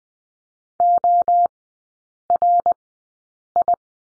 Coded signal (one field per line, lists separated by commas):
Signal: Morse code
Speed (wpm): 20 wpm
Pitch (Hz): 700 Hz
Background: none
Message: ORI